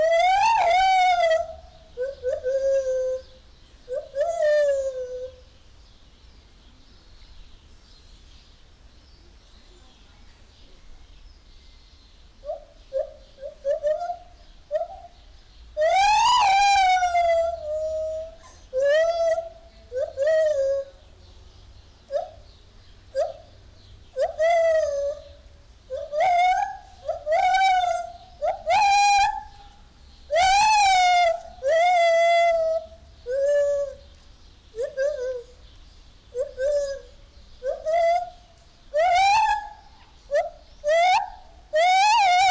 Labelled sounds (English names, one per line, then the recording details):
Lar Gibbon
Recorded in captivity
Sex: male
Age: adult
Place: Zoo Berlin, Berlin, DE
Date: 1998-06-20 10:10
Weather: wolkig - heiter, 18°C
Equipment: Sony MD-WM MZ-R3, Sennheiser ME 80, Kopie Uher 4000 Report Monitor
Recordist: Tembrock, Günter